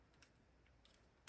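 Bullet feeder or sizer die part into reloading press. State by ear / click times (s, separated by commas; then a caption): seated / 1.3 s. A part of the Lee bullet feeder magazine and bullet sizer setup is set onto a Lee APP reloading press, with only faint light ticks and scrapes before a sharp click at 1.3 s. The part clicks into place on the press.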